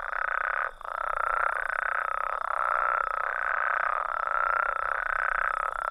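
Mexican spadefoot: continuous pulsed trills with a single short break early on, then steady calling to the end.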